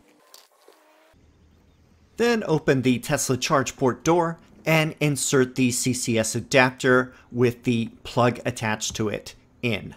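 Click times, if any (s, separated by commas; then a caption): 0.3 s. A CCS charging adapter, an EVbase unit for a Tesla, is pushed into the plug handle of a 350 kW DC fast-charging station. It snaps into place with one sharp click at 0.3 s. After a quiet pause, someone talks from about 2.2 s to the end.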